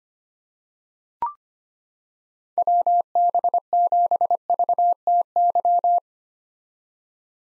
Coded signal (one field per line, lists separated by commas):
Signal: Morse code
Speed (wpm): 25 wpm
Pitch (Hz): 700 Hz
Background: none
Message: WB7VTY